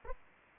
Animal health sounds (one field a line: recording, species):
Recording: mosquito wingbeat signal from an infrared sensor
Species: Aedes aegypti